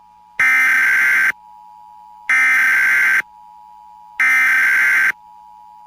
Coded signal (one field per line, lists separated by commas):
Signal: Emergency Alert System (SAME) tones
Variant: header bursts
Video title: National EAS Test - Audio Recorded from WBBB-FM - Raleigh, NC